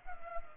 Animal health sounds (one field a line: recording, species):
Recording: mosquito wingbeat signal from an infrared sensor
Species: Culex pipiens